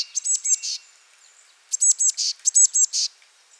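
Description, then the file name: Eurasian blue tit call: three rapid phrases of high, thin, ringing notes, each ending in a scratchy buzz. "Cyanistes caeruleus"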